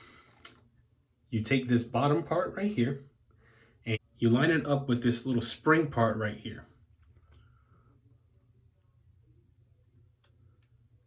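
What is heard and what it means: A blade cartridge's bottom part is lined up with the spring part of a razor adapter by hand, before it is pushed forward and clipped in, while someone talks. Short, faint taps are heard near 0.5 s and 10.2 s over a low steady hum. Nothing has seated or clicked yet.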